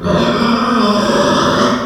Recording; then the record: squeal of a Yucatan mini pig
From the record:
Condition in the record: after surgery on the right vocal fold (resection and tissue-engineered implant); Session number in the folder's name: 15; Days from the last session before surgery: 175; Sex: female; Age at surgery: 19 weeks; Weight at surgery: 25 kg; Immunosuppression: prednisolone